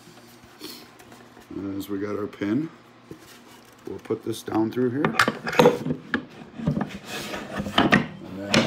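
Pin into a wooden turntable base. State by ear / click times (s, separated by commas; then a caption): seated / 8.5 s. A pin is pushed down through a hole in a homemade wooden motorized turntable that uses a sewing-machine belt as its drive, while someone talks. Several knocks and rubbing sounds follow as the pin is worked in. It locks into place with a click at 8.5 s.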